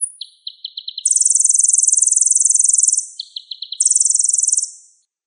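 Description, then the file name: Olive-backed sunbird song with a two-second high buzzing trill between bursts of quick, evenly spaced clicking notes, ending in a shorter buzzy trill; clean and otherwise silent. Clear sound. "suara burung kolibri ninja jernih"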